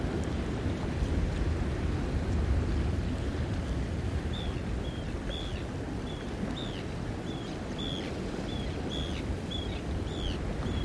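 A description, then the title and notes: Short, bright bird calls repeat every half second or so from about four seconds on, over a steady low rumble of wind and surf. West Iceland - Sketches in Spring. Packed a little travel rig so managed to press record on a number of occasions in and around walking, driving and generally exploring the Snaefellsnes peninsula.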